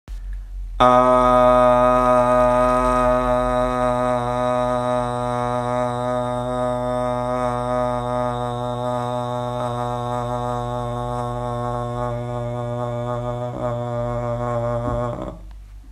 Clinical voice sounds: sustained vowel /a/; male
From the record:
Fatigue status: no fatigue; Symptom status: asymptomatic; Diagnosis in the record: COVID-19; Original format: m4a

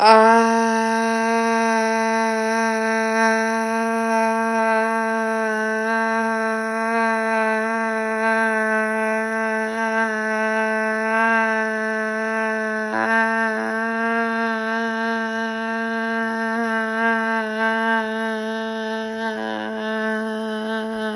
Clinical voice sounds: sustained vowel /a/; female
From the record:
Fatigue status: fatigue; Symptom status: symptomatic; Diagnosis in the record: COVID-19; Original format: m4a

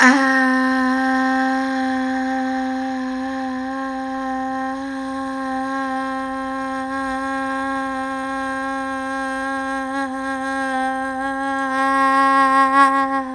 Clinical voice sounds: sustained vowel /a/; female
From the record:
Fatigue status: fatigue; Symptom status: symptomatic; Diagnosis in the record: COVID-19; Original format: m4a

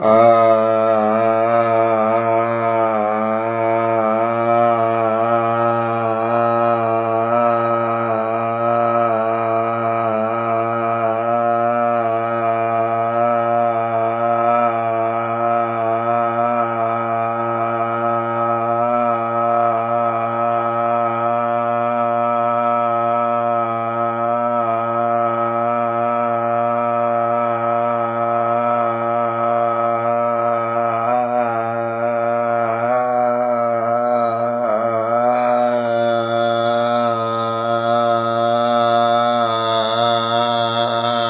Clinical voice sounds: sustained vowel /a/; male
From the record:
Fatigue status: no fatigue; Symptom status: asymptomatic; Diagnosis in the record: COVID-19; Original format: 3gp

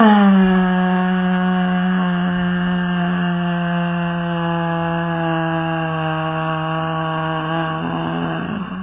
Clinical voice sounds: sustained vowel /a/; female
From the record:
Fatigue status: fatigue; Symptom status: symptomatic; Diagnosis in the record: COVID-19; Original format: 3gp

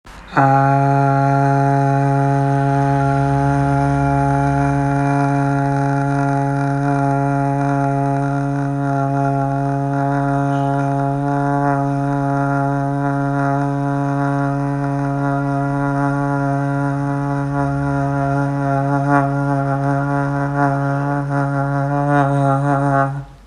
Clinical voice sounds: sustained vowel /a/; male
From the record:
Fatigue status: no fatigue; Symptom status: symptomatic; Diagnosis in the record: COVID-19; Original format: m4a

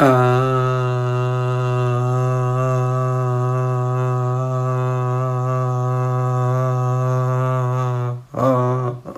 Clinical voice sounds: sustained vowel /a/; male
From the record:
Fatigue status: no fatigue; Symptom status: asymptomatic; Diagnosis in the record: COVID-19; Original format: m4a

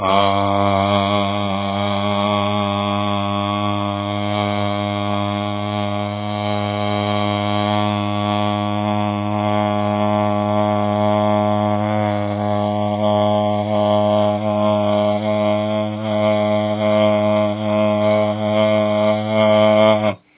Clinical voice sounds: sustained vowel /a/; male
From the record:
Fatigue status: no fatigue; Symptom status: asymptomatic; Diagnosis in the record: COVID-19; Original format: 3gp

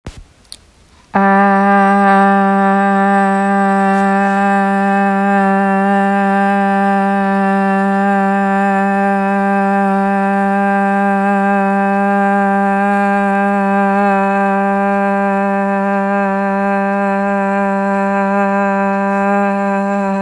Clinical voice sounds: sustained vowel /a/; female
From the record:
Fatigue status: no fatigue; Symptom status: symptomatic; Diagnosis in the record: COVID-19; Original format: m4a

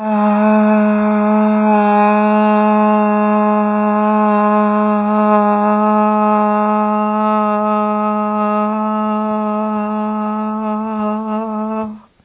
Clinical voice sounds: sustained vowel /a/; female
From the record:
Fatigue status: no fatigue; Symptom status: symptomatic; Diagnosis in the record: COVID-19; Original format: 3gp

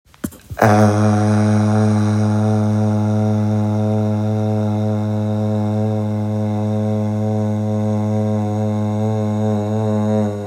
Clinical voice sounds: sustained vowel /a/; male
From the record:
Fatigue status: fatigue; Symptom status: symptomatic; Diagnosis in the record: COVID-19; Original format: m4a

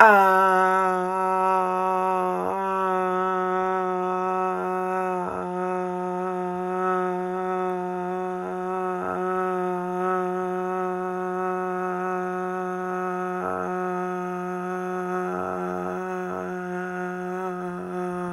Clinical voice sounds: sustained vowel /a/; female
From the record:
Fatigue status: no fatigue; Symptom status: asymptomatic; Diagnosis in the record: COVID-19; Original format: m4a

